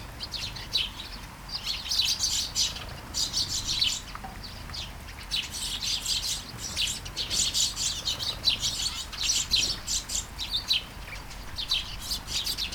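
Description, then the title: Sparrows chirping busily, a dense run of short bright chirps overlapping from several birds. Sparrows flying in a garden in Taastrup, Denmark, early morning during a light shower; recorded with a Sony PCM-D100, internal microphones. "Kærengen 8, 2630 Taastrup, Denmark - Flying sparrows"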